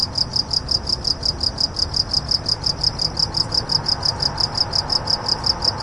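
Cricket gives shrill chirping pulses in quick succession against a low droning background.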